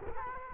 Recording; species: mosquito wingbeat signal from an infrared sensor; Culex quinquefasciatus